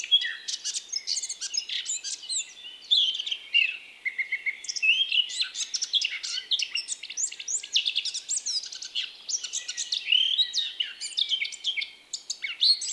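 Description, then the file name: Eurasian blackcap delivering a long, restless stream of scratchy warbles and high chirps with hardly a pause. "Sylvia atricapilla"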